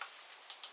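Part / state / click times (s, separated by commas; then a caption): keyless chuck ratchet on a cordless drill / seated / 0.0 s, 0.5 s, 0.6 s. The ratcheting keyless chuck of an older Ridgid cordless drill is tightened by hand onto the bit, giving small, sharp ticking clicks at 0.0, 0.5 and 0.6 seconds against a faint background hiss. The ratchet clicks as it locks, and the chuck is seated on the bit.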